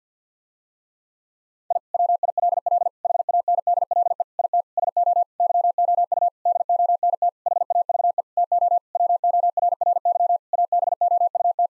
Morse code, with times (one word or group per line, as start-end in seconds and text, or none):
1.7-1.8 I
1.9-2.9 WILL
3.0-4.2 HANDLE
4.4-4.6 IT
4.8-5.2 SO
5.4-6.3 YOU
6.5-7.3 DONT
7.5-8.2 HAVE
8.4-8.8 TO
8.9-10.4 WORRY
10.5-11.7 ABOUT